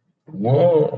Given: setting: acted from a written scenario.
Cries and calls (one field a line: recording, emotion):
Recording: vocal sound without words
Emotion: awe